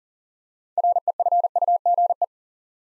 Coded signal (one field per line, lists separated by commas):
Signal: Morse code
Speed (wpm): 38 wpm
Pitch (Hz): 700 Hz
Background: none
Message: REFUGE